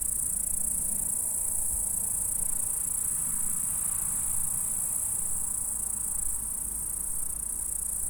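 Insects stridulate in a continuous, high, even hiss, with low rumbling noise beneath and no other clear callers.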